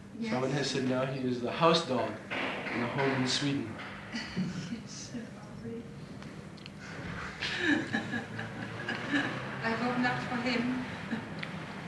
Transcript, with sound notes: someone has said now he is the house dog in a home in Sweden. [laughs]
I hope not for him. Sad.